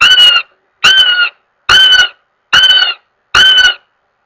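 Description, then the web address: Northern goshawk calling a series of five strident, nasal wails, each about half a second, repeated at a regular rhythm with silent gaps. "Goshawk. Wailing"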